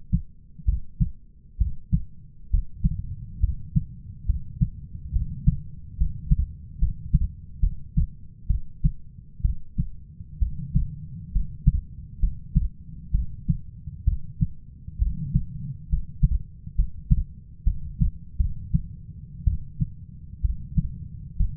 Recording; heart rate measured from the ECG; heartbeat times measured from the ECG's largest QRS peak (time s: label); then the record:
heart sounds by stethoscope; 67 bpm
0.65 s: heartbeat
1.58 s: heartbeat
2.50 s: heartbeat
3.40 s: heartbeat
4.26 s: heartbeat
5.12 s: heartbeat
5.97 s: heartbeat
6.79 s: heartbeat
7.60 s: heartbeat
8.47 s: heartbeat
9.42 s: heartbeat
10.39 s: heartbeat
11.32 s: heartbeat
12.19 s: heartbeat
13.11 s: heartbeat
14.04 s: heartbeat
14.98 s: heartbeat
15.89 s: heartbeat
16.75 s: heartbeat
17.64 s: heartbeat
18.37 s: heartbeat
19.44 s: heartbeat
20.41 s: heartbeat
21.36 s: heartbeat
From the record:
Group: healthy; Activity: rest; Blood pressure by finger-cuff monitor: 141/67 mmHg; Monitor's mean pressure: 89 mmHg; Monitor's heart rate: 67 bpm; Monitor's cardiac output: 6.3 L/min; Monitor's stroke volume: 95 mL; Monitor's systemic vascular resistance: 1040 dyn s/cm5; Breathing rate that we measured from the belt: 12 breaths a minute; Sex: female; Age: 37 years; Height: 168 cm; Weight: 70 kg